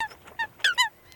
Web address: Лысуха Folaga